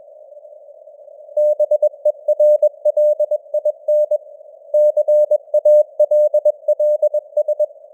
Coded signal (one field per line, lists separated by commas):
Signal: Morse code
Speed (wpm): 21 wpm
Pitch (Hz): 600 Hz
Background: none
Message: BERLIN CALLS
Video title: Morse Code News | 2025-12-13 | 21wpm